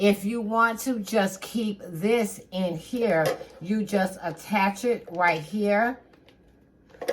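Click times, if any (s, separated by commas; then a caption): 7.0 s. Someone talks while attaching a small plastic spoon or sifter to a holder inside a storage container, first putting it in the wrong spot. After the speech stops, a few faint taps are heard, then the loudest click at 7.0 s as the spoon seats into the holder.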